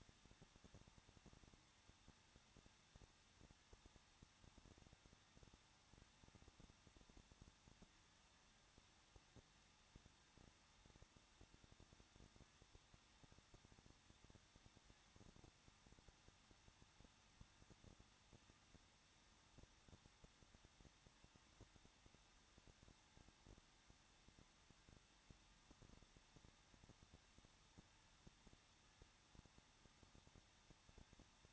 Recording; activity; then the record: daily activity, microphone in the room; no activity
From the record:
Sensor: 3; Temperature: 21.2 degrees Celsius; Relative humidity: 36.3%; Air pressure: 1006.3 hPa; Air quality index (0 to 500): 221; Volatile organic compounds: 40 ppm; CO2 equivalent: 3151 ppm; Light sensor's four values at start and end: 2/3/2/2 and 2/3/2/2